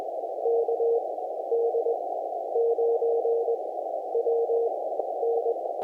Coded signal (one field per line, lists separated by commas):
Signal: Morse code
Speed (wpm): 21 wpm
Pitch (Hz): 460 Hz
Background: none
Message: KD9WN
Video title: QRP, CW POTA IN A SOLAR STORM - FT-891, GABIL 7350TC